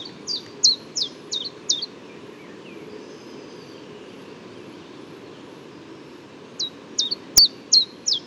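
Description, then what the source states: Common chiffchaff song: a quick run of high, dropping notes, then several seconds of quiet with a low hum before the notes return, and one sharp click. Newly arrived migrant; Bois de Vincennes, morning of 6 April 2018.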